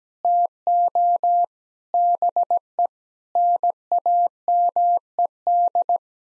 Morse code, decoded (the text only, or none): TO BE NAMED